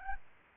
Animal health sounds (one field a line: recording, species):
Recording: mosquito wingbeat signal from an infrared sensor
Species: Aedes albopictus